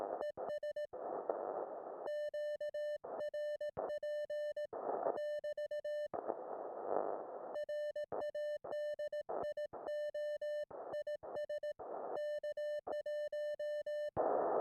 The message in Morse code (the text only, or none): ES QRP <BT> RADIO IS K1